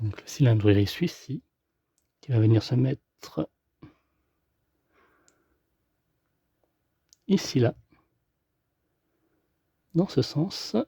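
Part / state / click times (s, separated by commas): plastic cylinder part into a scale car model kit / not seated / none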